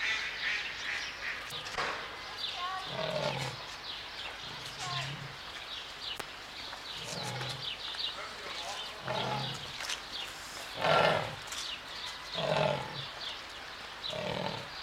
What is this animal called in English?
Leopard